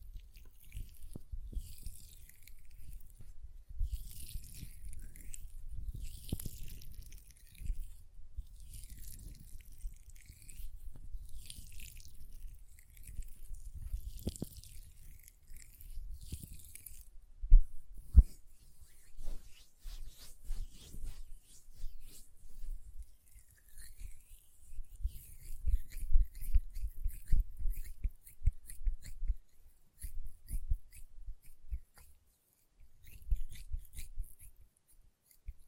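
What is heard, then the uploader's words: Lotion being rubbed between hands gives soft, squishy low rustles in irregular bursts, with sharper wet clicks and pops toward the middle and end. Hand Sounds, Nail Tapping and Lotion Sounds.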